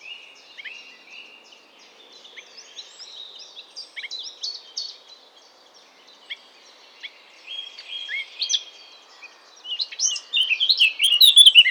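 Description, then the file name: Eurasian blackcap warbling quietly in a long, scratchy high twittering stream that swells into louder, brighter notes in the final two seconds. "Sylvia atricapilla"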